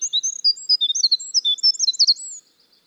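Winter wren song: a rapid, high tumble of tinkling, squeaky notes and short warbles lasting over two seconds, with no other sounds.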